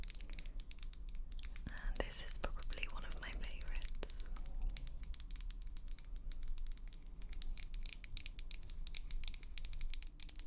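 Quiet lipstick sounds: a busy scatter of tiny clicks, taps and soft scratches runs throughout. Brighter, louder handling comes around two seconds and again near four, then thinner ticks continue over a faint low hum.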